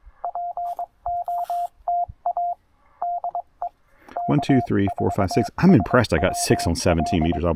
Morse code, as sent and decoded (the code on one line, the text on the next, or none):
.--. --- - .- / -.. . / -.- ....- ... .-- .-..
POTA DE K4SWL